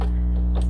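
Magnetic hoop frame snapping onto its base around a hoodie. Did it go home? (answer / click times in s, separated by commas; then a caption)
yes / 0.0 s. A magnetic snap hoop frame is fitted together around the fabric of a hoodie for embroidery. A short, sharp snap is heard at 0.0 s over a steady low hum. The hoop snaps onto its base and locks in place.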